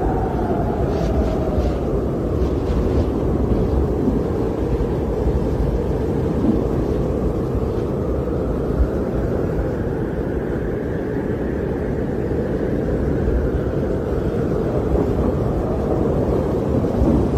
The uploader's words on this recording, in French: Tempête polaire Antarctique. Le souffle du vent polaire en Antarctique. Le vent polaire, avec sa force puissante et constante, crée un bruit enveloppant et hypnotisant.